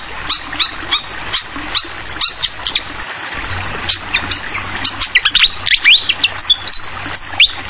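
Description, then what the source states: Flycatcher song of rapid high chirps mixed with short rising whistled notes, with a constant rush of flowing water behind. Called sikatan kipas, also sikatan londo; clear song mixed with the sound of trickling water, used as a masteran tutoring track for songbirds.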